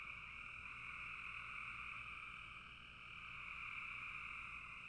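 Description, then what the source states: Continuous frog chorus, a dense buzzing wash of overlapping calls that dips briefly in loudness before rising again. Several frogs calling in a bog.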